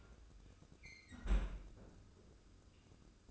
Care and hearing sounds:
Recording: daily activity, microphone in the room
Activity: close fridge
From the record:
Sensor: 2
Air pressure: 995.1 hPa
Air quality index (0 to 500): 65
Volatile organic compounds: 2 ppm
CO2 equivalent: 1118 ppm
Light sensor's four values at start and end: 18/56/22/21 and 18/56/22/21

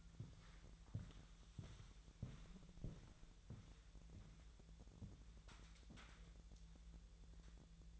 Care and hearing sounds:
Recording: daily activity, microphone in the room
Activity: walk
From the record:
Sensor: 3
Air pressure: 1001.9 hPa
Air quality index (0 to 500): 243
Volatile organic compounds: 114 ppm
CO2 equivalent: 3840 ppm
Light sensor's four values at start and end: 8/20/8/9 and 9/21/9/9

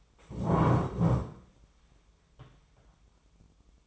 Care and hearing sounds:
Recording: daily activity, microphone in the room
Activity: stand up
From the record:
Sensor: 1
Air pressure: 1005.2 hPa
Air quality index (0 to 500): 123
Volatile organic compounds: 5 ppm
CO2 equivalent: 1726 ppm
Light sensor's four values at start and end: 11/27/11/12 and 11/26/11/11

